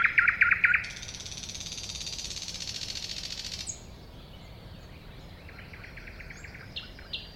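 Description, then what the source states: Thrush nightingale song: a few loud clicking notes, then a long dry rattling buzz and later a fast ticking series with high thin whistles. Recorded at a woodland edge next to a lake, 2001.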